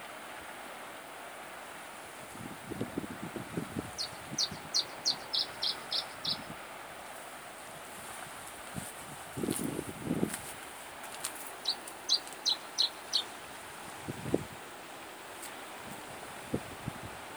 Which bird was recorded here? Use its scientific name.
Phylloscopus canariensis